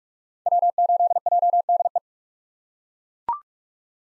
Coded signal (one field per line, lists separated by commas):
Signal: Morse code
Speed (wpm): 41 wpm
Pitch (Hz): 700 Hz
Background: none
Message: W8JDE